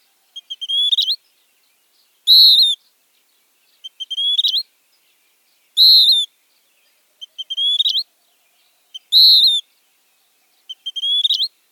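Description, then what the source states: Western Wood-Pewee dawn song, a steady series alternating quick pips and a rising whistle with a loud burry note. Dawn song, longer than the day song, the peewee song intermixed with a pee followed by two short pip notes; song is burry and nasal, a version of its name.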